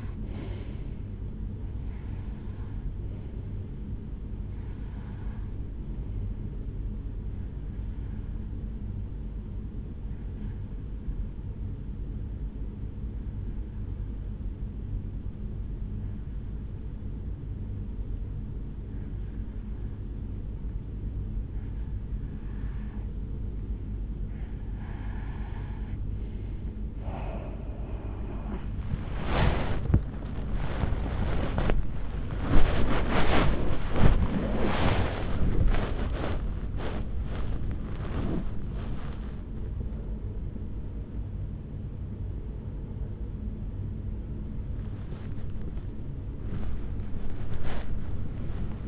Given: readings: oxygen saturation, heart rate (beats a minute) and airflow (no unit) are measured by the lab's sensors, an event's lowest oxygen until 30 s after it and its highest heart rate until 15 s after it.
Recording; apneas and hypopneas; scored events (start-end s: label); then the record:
breathing in sleep by a smartphone at the bedside; 1
7.00-29.70 s: hypopnea (REM, oxygen 95% highest, then 91% lowest, heart rate 70 at the start, 92 highest)
40.00-48.88 s: new sleep stage, awake
From the record:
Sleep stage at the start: REM sleep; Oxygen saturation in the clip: 90 to 95%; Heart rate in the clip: 45 to 92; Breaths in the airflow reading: 11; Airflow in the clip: -8.5 to 7.5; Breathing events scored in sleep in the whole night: 449 in 7.0 hours asleep